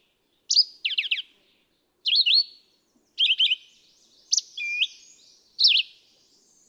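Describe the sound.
Red-eyed vireo song of clipped, slurred whistles, some phrases with quick downward notes, delivered in separate bursts with short gaps.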